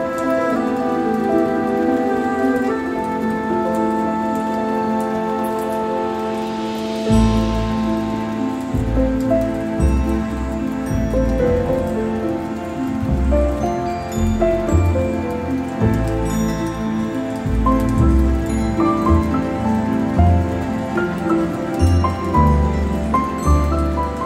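Piano music plays over steady rain, soft single notes at first, then fuller low chords joining around seven seconds and continuing throughout.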